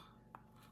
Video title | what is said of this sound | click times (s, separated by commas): McGizmo Haiku Overview | there we go you hear that last click | 0.4 s